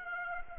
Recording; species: mosquito wingbeat signal from an infrared sensor; Aedes aegypti